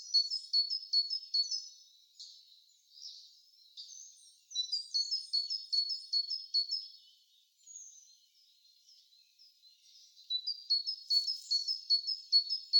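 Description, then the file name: Great tit giving quick series of high, sharp notes in repeated runs, broken by softer, buzzy chattering phrases between the bursts. "Parus major"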